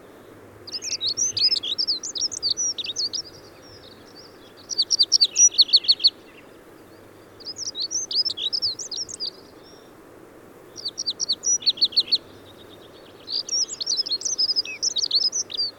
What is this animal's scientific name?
Prunella modularis